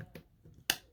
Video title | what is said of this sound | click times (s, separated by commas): STONE Suicide Hammer of God review and breakdown of parallel series- Vaping JAC | There you go. You heard the click. So there you go. | 0.7 s